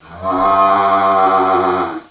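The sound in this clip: Sheep giving a single long, steady, nasal bleat lasting about two seconds, rich in harmonics, with no other sounds around it.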